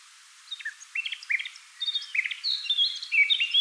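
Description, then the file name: Eurasian Blackcap song: a soft, scratchy warble of short notes that swells into a louder run of clear, fluting whistles toward the end. "Sylvia atricapilla"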